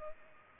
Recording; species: mosquito wingbeat signal from an infrared sensor; Culex pipiens